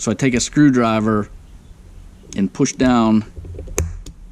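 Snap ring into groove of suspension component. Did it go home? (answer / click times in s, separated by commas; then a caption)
yes / 3.8 s, 4.1 s. A steel snap ring in a UTV suspension component is pushed down with a screwdriver so it seats in the milled groove, which keeps it from popping out while riding. Someone talks, then sharp metallic clicks sound at 3.8 s and 4.1 s as the ring snaps into the groove. The ring is seated.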